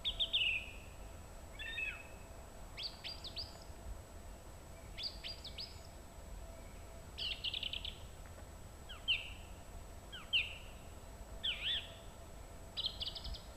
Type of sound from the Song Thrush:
song